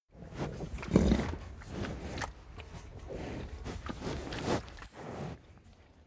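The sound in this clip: Cow eating and breathing, with uneven crunching and rustling bursts, louder near the start and softer toward the end.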